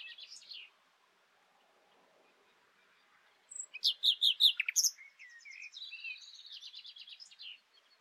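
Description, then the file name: Common nightingale song: a brief slurred note, a pause, then a loud burst of quick repeated chirps followed by buzzy, warbling notes. "Luscinia megarhynchos"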